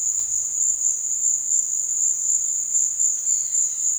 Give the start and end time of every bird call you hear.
3.15s-3.98s: bird call (0.9-5.0 kHz)

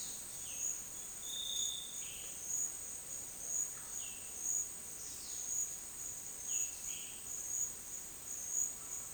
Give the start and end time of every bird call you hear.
0.00s-0.75s: bird call (2.0-5.7 kHz)
3.83s-4.37s: bird call (2.0-4.5 kHz)
6.44s-7.39s: bird call (1.6-4.3 kHz)

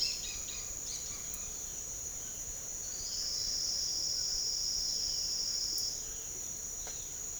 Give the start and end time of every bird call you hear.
0.00s-1.15s: bird call (2.0-5.3 kHz)

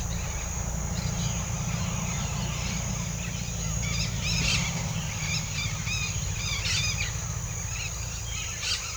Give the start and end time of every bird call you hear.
3.78s-7.08s: bird call (1.5-6.5 kHz)
7.55s-8.97s: bird call (0.9-6.5 kHz)

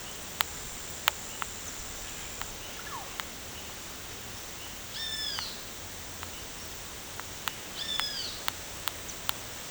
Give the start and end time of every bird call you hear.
4.96s-5.69s: bird call (1.2-6.0 kHz)
7.70s-8.41s: bird call (1.0-5.8 kHz)

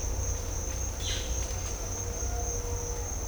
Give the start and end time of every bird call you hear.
1.00s-1.25s: bird call (1.3-4.7 kHz)

